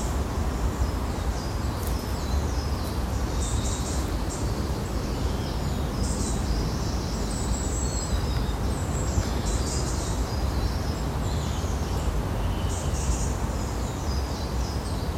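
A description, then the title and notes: Wrens, blue tits and robins chatter in a wild woodland, their short, high chirps and trills coming in bursts every second or two. Beneath them runs a steady, dense low rumble that never changes level through the whole clip. It's early morning and as the sun breaks through the canopy of leaves and the wrens, blue tits, robins begin their cheerful chatter.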